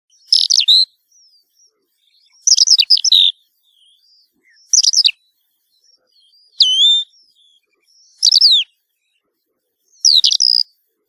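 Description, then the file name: Eurasian skylark calls, short rippling chirrup bursts of high, twisting notes, six of them spaced roughly every two seconds with silence between. "allodola"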